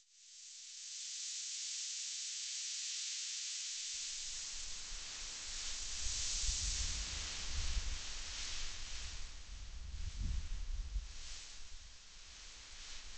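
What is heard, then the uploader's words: A breeze rises in from silence over the first second into a steady, bright hiss like air rushing past leaves. Around four seconds, low rumbling gusts join in and swell unevenly, strongest near ten seconds, while the airy hiss continues throughout. Breeze.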